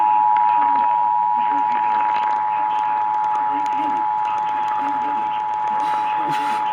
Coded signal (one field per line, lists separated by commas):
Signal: Emergency Alert System (SAME) tones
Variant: 853 and 960 Hz attention tone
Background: speech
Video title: THEN A RISK OF TEXAS EAS#400!!! EAS Alerts from 6/23/23 (EAS#375 & 401)